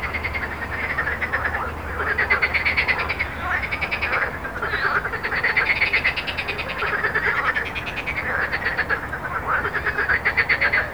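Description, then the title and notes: Frogs calling together, dense buzzy pulsed croaks rising and falling in waves, with a continuous low traffic rumble. Frogs recorded with road noise at Jardins de la Ligne, Montaudran, Toulouse, France, using a Zoom H4n recorder. "Jardins de la Ligne, 1 Rue Jacqueline Auriol, 31400 Toulouse, France - Frog Montaudran. Frog and road captation zoom h4n"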